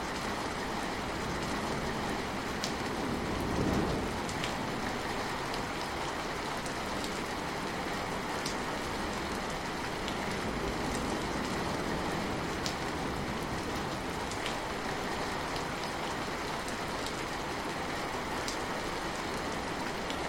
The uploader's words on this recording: Purely Relaxing Rain & White Noise. The rain's delicate patter against leaves and rooftops becomes a gentle lullaby.